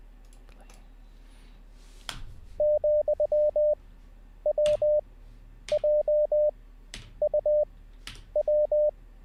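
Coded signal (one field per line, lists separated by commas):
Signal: Morse code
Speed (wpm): 20 wpm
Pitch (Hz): 600 Hz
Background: none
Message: ,WJUW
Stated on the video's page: Live-streamed Morse code learning practice session.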